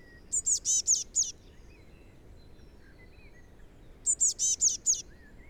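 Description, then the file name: Eurasian blue tit calling in two quick runs of about five high, thin notes, separated by a gap of nearly three seconds, over quiet background hiss. "Cyanistes caeruleus"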